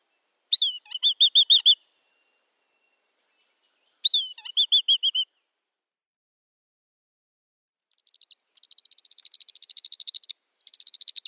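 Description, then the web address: Black kite nestling calling in two bursts of quick, high piping notes a few seconds apart, then a long run of rapid thin scratchy chittering near the end. "Schulze Peter Black Kite nestling"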